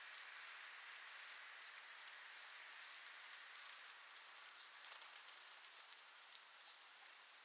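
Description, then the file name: Eurasian blue tit giving very high, thin calls in quick groups of a few notes, repeated several times. "Cyanistes caeruleus"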